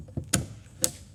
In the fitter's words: And make sure that it's locked into place so we can't pull it out.